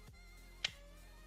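A steel knife blade on a Leatherman Wave multitool is opened until the liner lock bar pops out behind it. It gives a single sharp click at 0.6 s over a faint steady background hum. The lock seats, stopping the blade from folding back.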